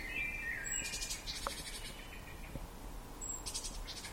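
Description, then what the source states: Eurasian blackbird song phrase: a fluty, slightly falling whistle followed by scratchy high-pitched twittering, then another burst of high twitter after a pause, with faint clicks and background noise. Recorded 24 May 2012.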